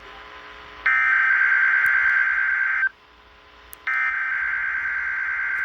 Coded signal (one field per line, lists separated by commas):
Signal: Emergency Alert System (SAME) tones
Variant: header bursts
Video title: eas rwt Eas#291 on KEC55